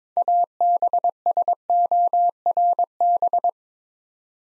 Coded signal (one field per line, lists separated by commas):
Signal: Morse code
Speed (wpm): 23 wpm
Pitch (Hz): 700 Hz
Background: none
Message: ABSORB